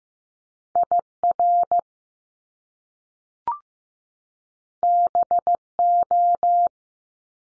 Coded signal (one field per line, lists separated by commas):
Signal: Morse code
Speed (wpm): 15 wpm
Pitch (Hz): 700 Hz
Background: none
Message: I R B O